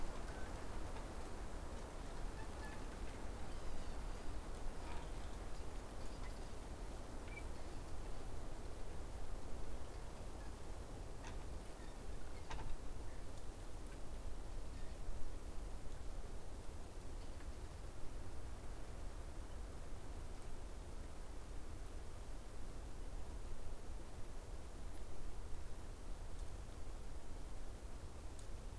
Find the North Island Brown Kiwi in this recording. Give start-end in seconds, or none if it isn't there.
none